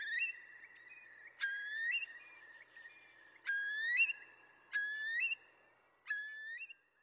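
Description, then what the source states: Eurasian curlew calls: several clear whistled notes that swoop upward, repeated at uneven intervals over a quiet background. Curlew sounds from Orkney; the sound is said to be nearly impossible for humans to imitate convincingly.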